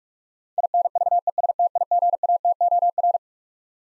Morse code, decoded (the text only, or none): INVESTIGATOR